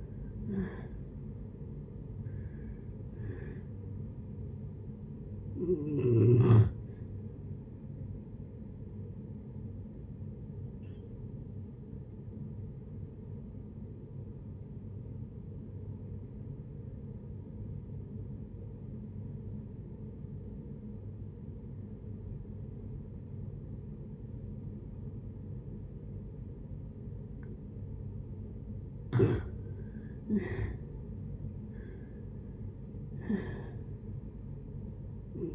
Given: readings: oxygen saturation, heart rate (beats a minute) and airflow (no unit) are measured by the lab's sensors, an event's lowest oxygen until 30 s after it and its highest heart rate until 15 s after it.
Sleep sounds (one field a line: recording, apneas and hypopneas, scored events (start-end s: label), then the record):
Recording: breathing in sleep by a smartphone at the bedside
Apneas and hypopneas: 1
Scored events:
8.00-29.10 s: hypopnea (N2, oxygen 97% highest, then 80% lowest, heart rate 41 at the start, 76 highest)
From the record:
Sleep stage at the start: N2 (light sleep)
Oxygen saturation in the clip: 83 to 97%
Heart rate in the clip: 41 to 81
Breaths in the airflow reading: 4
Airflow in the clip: -8.8 to 8.7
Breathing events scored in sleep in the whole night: 496 in 5.4 hours asleep